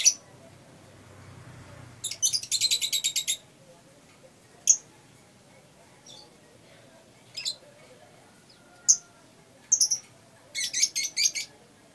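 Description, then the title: Lovebird song with two rapid trilled bursts of high notes, one early and one near the end, and scattered sharp squeaky chirps between. Masteran, a training song recording for caged birds. "MASTERAN BURUNG 2. lovebird"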